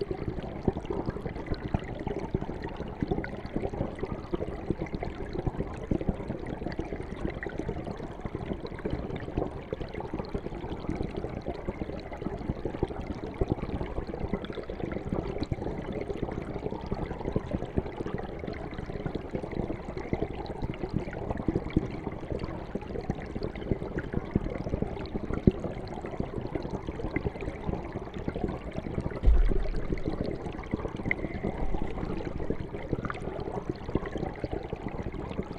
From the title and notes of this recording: Under the stream. Submerging hydrophones beneath the gentle currents of flowing rivers. The Rugova Mountains in Kosovo proved to be the perfect haven, devoid of human presence for miles on end.